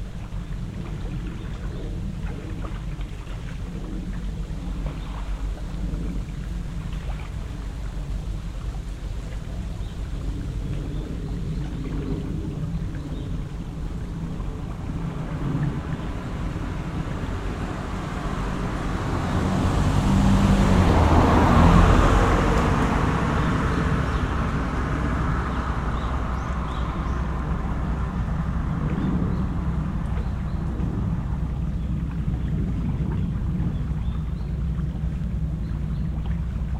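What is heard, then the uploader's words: A low engine drone hangs over a lakeshore throughout, with a steady rumble from a fishing boat. Around twenty seconds a small airplane swells louder overhead, peaking near twenty-two seconds before easing off. Small waves lap softly at the nearby shore underneath. Small airplane and fishing boat recorded from the shore of Lake Biwa along Shiga Route 25 in Okishima-cho, Omihachiman City, Shiga Prefecture, Japan. We can hear small waves along the nearby shore, but internal combustion engines dominate this otherwise quiet environment.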